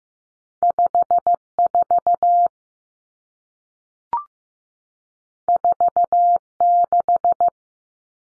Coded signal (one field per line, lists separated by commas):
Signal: Morse code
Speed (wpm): 15 wpm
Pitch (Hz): 700 Hz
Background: none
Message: 54 46